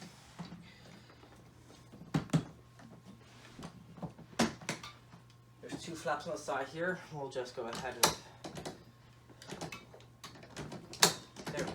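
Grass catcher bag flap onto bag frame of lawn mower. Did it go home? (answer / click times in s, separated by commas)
yes / 11.0 s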